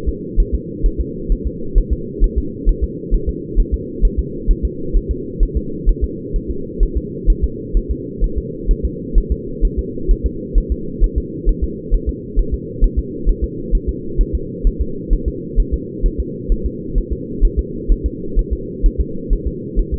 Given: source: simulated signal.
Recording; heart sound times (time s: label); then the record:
fetal heart sounds
0.09 s: S2
0.40 s: S1
0.54 s: S2
0.86 s: S1
1.01 s: S2
1.32 s: S1
1.47 s: S2
1.78 s: S1
1.93 s: S2
2.24 s: S1
2.38 s: S2
2.69 s: S1
2.84 s: S2
3.14 s: S1
3.29 s: S2
3.60 s: S1
3.74 s: S2
4.05 s: S1
4.19 s: S2
4.51 s: S1
4.65 s: S2
4.97 s: S1
5.11 s: S2
5.43 s: S1
5.57 s: S2
5.89 s: S1
6.04 s: S2
6.36 s: S1
6.51 s: S2
6.83 s: S1
6.97 s: S2
7.30 s: S1
7.44 s: S2
7.77 s: S1
7.91 s: S2
8.24 s: S1
8.38 s: S2
8.71 s: S1
8.85 s: S2
9.18 s: S1
9.32 s: S2
9.65 s: S1
9.79 s: S2
10.11 s: S1
10.26 s: S2
10.58 s: S1
10.72 s: S2
11.04 s: S1
11.18 s: S2
11.49 s: S1
11.64 s: S2
11.94 s: S1
12.09 s: S2
12.39 s: S1
12.54 s: S2
12.84 s: S1
12.99 s: S2
13.29 s: S1
13.44 s: S2
13.75 s: S1
13.89 s: S2
14.21 s: S1
14.35 s: S2
14.67 s: S1
14.81 s: S2
15.13 s: S1
15.28 s: S2
15.60 s: S1
15.74 s: S2
16.06 s: S1
16.20 s: S2
16.52 s: S1
16.66 s: S2
16.98 s: S1
17.12 s: S2
17.45 s: S1
17.59 s: S2
17.92 s: S1
18.06 s: S2
18.39 s: S1
18.53 s: S2
18.86 s: S1
19.01 s: S2
19.33 s: S1
19.48 s: S2
19.79 s: S1
19.94 s: S2
From the record:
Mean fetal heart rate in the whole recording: 130 bpm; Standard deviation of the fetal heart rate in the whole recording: 2 bpm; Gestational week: 38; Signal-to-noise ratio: -4.3 dB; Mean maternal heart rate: 72 bpm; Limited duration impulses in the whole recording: absent